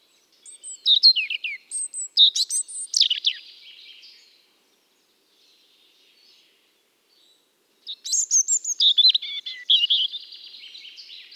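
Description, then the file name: European robin delivering two bright phrases of high whistles, rapid descending trills and chirps, with a near-silent gap of three to four seconds between them. "Erithacus rubecula"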